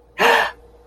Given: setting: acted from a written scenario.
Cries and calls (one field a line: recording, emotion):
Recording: vocal sound without words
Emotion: positive surprise